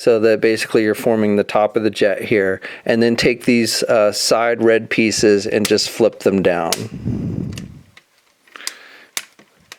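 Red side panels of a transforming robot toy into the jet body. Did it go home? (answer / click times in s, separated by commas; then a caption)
yes / 8.7 s, 9.2 s. Someone talks while the two red plastic side pieces of a Transformers Masterpiece MP-11NR Ramjet robot toy are flipped down to form the top of the jet. Two sharp, loud clicks follow, one for each side, at about 8.7 s and 9.2 s. Both side panels are seated in place on the jet body.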